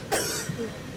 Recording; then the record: coughing mixed with background sound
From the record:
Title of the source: 31 night wet cough